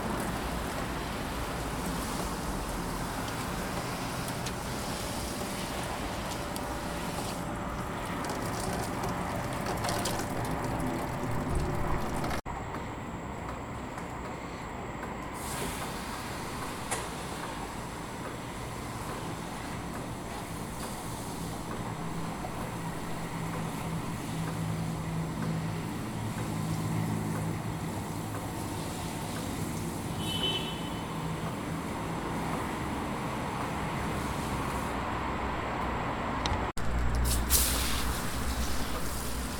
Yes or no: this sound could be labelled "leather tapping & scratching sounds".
no